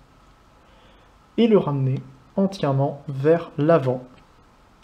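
During the robot-to-jet transformation of a plastic Earthrise Starscream action figure, the cockpit section is turned over and brought fully forward toward the figure's body. The first 1.4 s are near-silent, then someone talks until about 4.1 s. Nothing has seated or clicked yet.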